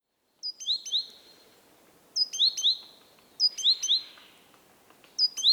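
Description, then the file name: Great tit calling in clipped, high-pitched note clusters, a burst of several sharp notes roughly every one and a half seconds over a quiet, hissy background. "Parus major"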